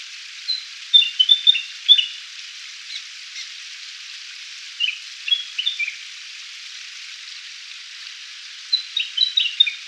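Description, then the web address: Willie wagtail song, bursts of sharp chirpy whistled notes in three short phrases, with a steady hiss behind. "willy wagtail song"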